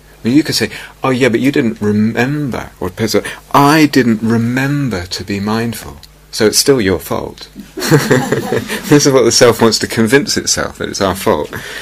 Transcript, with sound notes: You could say, "Oh, yeah, but you didn't remember," or a person is like, "I didn't remember to be mindful," so it's still your fault. [laughter] This is what the self wants to convince itself, that it's our fault: